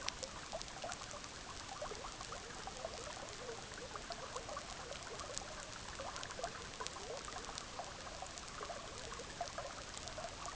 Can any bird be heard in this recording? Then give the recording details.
no. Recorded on Arctic tundra, site EABA-MC, on 18 June 2019. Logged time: 06:00